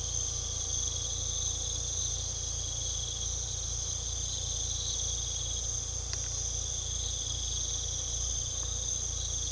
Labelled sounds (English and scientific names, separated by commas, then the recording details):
none
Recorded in pastures near Puerto Asís, Putumayo, Colombia, on 18 December 2024 at 00:00
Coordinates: 0.486, -76.323
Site GP01